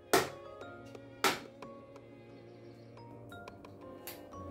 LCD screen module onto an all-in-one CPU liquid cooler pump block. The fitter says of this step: je le pousse dans les détrompeurs et ça fait clic